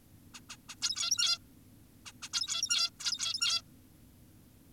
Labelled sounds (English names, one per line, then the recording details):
Zebra Finch
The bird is an adult
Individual g17y2U